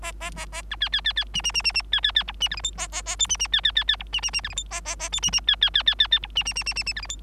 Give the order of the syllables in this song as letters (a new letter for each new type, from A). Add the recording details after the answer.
A A A A B C C C C D D D D D C C C E D F G H A A A I D D C C C C E D D D F G H A A A I D D C C C C C C E D D D D D D F G H. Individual Bird3